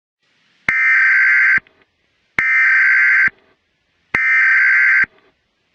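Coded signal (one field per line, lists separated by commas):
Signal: Emergency Alert System (SAME) tones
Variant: header bursts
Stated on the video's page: Fictional analog-horror EAS scenario.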